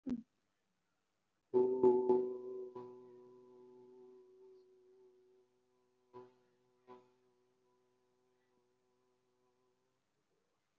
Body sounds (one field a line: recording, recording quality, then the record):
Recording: sustained vowel as in boot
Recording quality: excellent, no background noise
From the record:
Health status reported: recovered from COVID-19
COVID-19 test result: positive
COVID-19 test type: RT-PCR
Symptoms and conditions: cold, asthma, another condition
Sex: male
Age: 19 years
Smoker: no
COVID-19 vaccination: one dose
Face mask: worn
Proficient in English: yes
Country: India